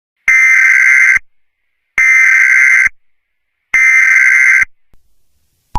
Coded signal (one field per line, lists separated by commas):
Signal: Emergency Alert System (SAME) tones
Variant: header bursts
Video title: An EAS alert I made for one of my plush videos